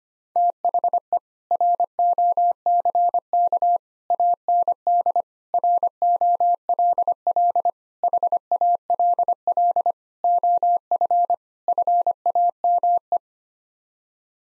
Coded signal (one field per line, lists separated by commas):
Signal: Morse code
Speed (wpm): 25 wpm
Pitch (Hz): 700 Hz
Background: none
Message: THE ROCK AND ROLL HALL OF FAME